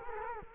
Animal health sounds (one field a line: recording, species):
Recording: mosquito wingbeat signal from an infrared sensor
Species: Culex quinquefasciatus